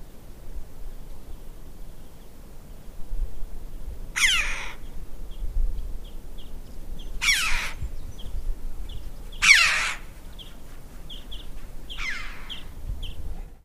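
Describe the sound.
Red-billed chough uttering four rasping, grating calls at uneven intervals, with faint short chirps from other birds and low background rumble between them.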